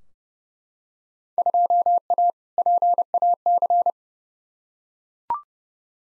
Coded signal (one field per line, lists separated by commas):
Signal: Morse code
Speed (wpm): 31 wpm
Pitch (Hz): 700 Hz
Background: none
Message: 2A PAC